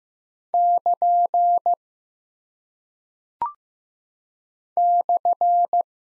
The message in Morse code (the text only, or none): <KN> /